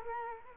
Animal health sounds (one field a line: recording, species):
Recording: mosquito wingbeat signal from an infrared sensor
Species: Culex quinquefasciatus